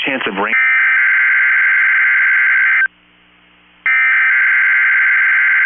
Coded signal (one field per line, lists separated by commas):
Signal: Emergency Alert System (SAME) tones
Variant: header bursts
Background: speech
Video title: 3/20/24 - KEC65 Required Weekly Test (EAS #1026)